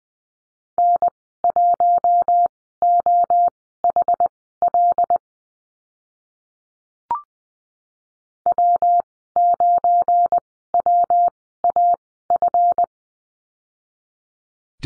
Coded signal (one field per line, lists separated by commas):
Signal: Morse code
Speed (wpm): 20 wpm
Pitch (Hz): 700 Hz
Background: none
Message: N1OHL W9WAF